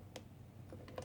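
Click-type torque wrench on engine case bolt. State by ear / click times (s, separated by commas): torque reached / 0.2 s, 0.9 s, 1.0 s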